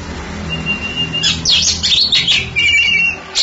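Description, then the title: Oriental magpie-robin song: a steady thin whistle, then a rush of quick, varied high notes and sweeping whistled phrases. Champion singing bird. "Kicau Burung Kacer Juara"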